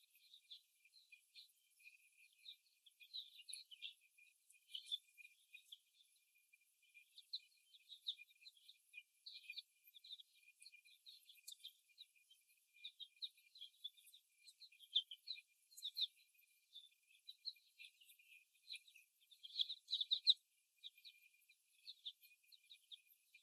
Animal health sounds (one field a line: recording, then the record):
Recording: young laying hens in a cage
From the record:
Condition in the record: before the stressor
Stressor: simulated dog barking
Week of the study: 1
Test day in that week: 1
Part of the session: 1